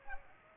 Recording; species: mosquito wingbeat signal from an infrared sensor; Culex pipiens